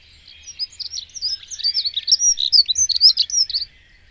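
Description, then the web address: Dunnock song: a hurried, high, jumbled warble of squeaky twittering notes lasting about three seconds, fairly even in pitch throughout. "agykontroll Madardalok Cd 1. Erdei szürkebegy"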